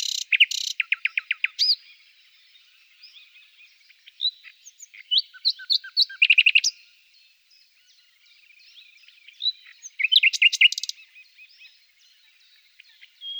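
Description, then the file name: Common nightingale song: bursts of rapid repeated notes and sharp chirps, separated by pauses. "Fülemülék"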